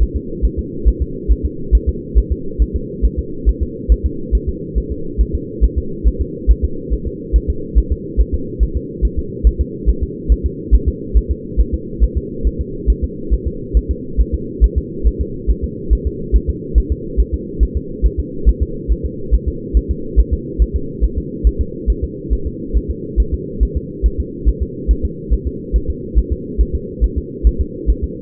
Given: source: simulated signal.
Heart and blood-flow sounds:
fetal heart sounds
0.03 s: S1
0.17 s: S2
0.45 s: S1
0.59 s: S2
0.88 s: S1
1.02 s: S2
1.31 s: S1
1.45 s: S2
1.75 s: S1
1.89 s: S2
2.18 s: S1
2.32 s: S2
2.62 s: S1
2.76 s: S2
3.05 s: S1
3.19 s: S2
3.49 s: S1
3.63 s: S2
3.92 s: S1
4.06 s: S2
4.35 s: S1
4.49 s: S2
4.78 s: S1
4.92 s: S2
5.21 s: S1
5.35 s: S2
5.64 s: S1
5.78 s: S2
6.08 s: S1
6.22 s: S2
6.51 s: S1
6.65 s: S2
6.94 s: S1
7.07 s: S2
7.36 s: S1
7.50 s: S2
7.78 s: S1
7.92 s: S2
8.21 s: S1
8.34 s: S2
8.63 s: S1
8.77 s: S2
9.05 s: S1
9.19 s: S2
9.47 s: S1
9.61 s: S2
9.89 s: S1
10.03 s: S2
10.32 s: S1
10.46 s: S2
10.75 s: S1
10.89 s: S2
11.17 s: S1
11.31 s: S2
11.60 s: S1
11.74 s: S2
12.04 s: S1
12.17 s: S2
12.47 s: S1
12.61 s: S2
12.90 s: S1
13.04 s: S2
13.34 s: S1
13.48 s: S2
13.77 s: S1
13.91 s: S2
14.21 s: S1
14.34 s: S2
14.64 s: S1
14.78 s: S2
15.07 s: S1
15.21 s: S2
15.50 s: S1
15.64 s: S2
15.93 s: S1
16.07 s: S2
16.36 s: S1
16.50 s: S2
16.78 s: S1
16.92 s: S2
17.20 s: S1
17.34 s: S2
17.63 s: S1
17.77 s: S2
18.06 s: S1
18.20 s: S2
18.49 s: S1
18.62 s: S2
18.92 s: S1
19.06 s: S2
19.34 s: S1
19.48 s: S2
19.77 s: S1
19.91 s: S2
20.20 s: S1
20.34 s: S2
20.62 s: S1
20.76 s: S2
21.04 s: S1
21.18 s: S2
21.47 s: S1
21.61 s: S2
21.90 s: S1
22.04 s: S2
22.33 s: S1
22.47 s: S2
22.77 s: S1
22.91 s: S2
23.20 s: S1
23.34 s: S2
23.63 s: S1
23.77 s: S2
24.06 s: S1
24.20 s: S2
24.49 s: S1
24.62 s: S2
24.91 s: S1
25.05 s: S2
25.33 s: S1
25.47 s: S2
25.76 s: S1
25.90 s: S2
26.19 s: S1
26.32 s: S2
26.61 s: S1
26.75 s: S2
27.04 s: S1
27.18 s: S2
27.47 s: S1
27.61 s: S2
27.90 s: S1
28.04 s: S2
From the record:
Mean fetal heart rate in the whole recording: 140 bpm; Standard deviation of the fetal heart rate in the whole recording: 2 bpm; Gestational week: 34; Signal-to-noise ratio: -4.3 dB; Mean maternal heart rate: 72 bpm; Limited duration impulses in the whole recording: absent

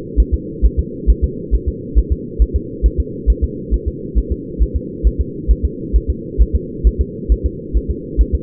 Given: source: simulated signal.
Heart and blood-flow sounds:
fetal heart sounds
0.20 s: S1
0.34 s: S2
0.65 s: S1
0.79 s: S2
1.10 s: S1
1.24 s: S2
1.55 s: S1
1.69 s: S2
1.98 s: S1
2.12 s: S2
2.42 s: S1
2.56 s: S2
2.86 s: S1
3.00 s: S2
3.30 s: S1
3.44 s: S2
3.74 s: S1
3.88 s: S2
4.18 s: S1
4.32 s: S2
4.62 s: S1
4.76 s: S2
5.07 s: S1
5.21 s: S2
5.51 s: S1
5.65 s: S2
5.96 s: S1
6.10 s: S2
6.42 s: S1
6.56 s: S2
6.87 s: S1
7.01 s: S2
7.32 s: S1
7.46 s: S2
7.77 s: S1
7.91 s: S2
8.21 s: S1
8.35 s: S2
From the record:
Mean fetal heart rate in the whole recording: 135 bpm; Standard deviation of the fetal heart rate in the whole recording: 3 bpm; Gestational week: 34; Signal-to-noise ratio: -4.1 dB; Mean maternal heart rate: no maternal heart sound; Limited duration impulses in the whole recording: absent

